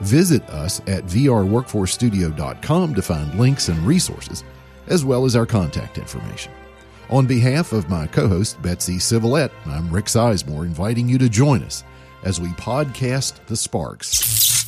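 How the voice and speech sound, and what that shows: A man speaks fluently at a low pitch with steady phrasing and brief pauses, typical adult speech.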